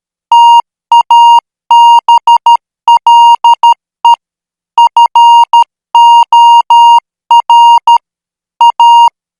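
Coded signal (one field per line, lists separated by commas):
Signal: Morse code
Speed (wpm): 13 wpm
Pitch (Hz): 940 Hz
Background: music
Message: TABLE FOR A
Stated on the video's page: Morse code practice signal at 12 words per minute.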